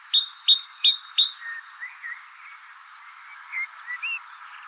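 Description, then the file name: Great tit calls: four sharp, bright notes in quick succession, each dropping in pitch, followed by softer scattered chirps and twitters in the background. "Parus major"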